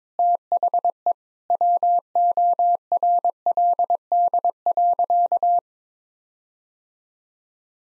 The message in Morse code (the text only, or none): THE WORLD.